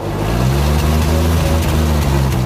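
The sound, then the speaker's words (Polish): A car engine hums and drones steadily, a loud low rumble with layered tonal harmonics that holds even throughout, as the vehicle pulls away. No voices. “Pora wracać na Myśliwiecką. Tym razem już chyba samochodem.”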